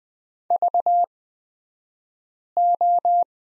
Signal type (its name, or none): Morse code